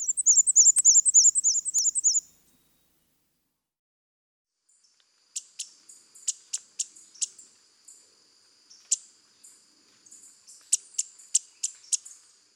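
Black-and-white warbler giving a brief burst of high, squeaky repeated two-note phrases, then a pause followed by scattered sharp, thin ticks and chips at irregular intervals.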